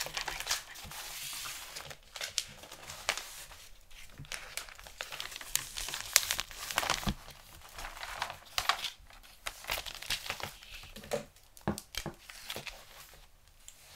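Gift wrapping paper crinkles and crumples almost without pause, with bright rustling bursts and sharp snaps scattered throughout. Louder crunches come around the middle and near the end, and a few quick tearing strokes suggest tape or cutting.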